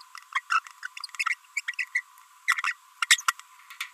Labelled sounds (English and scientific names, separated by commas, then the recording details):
Green-rumped Parrotlet (Forpus passerinus) babbling
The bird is a female
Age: 30 days
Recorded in a nest box in Venezuela
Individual 17B42B1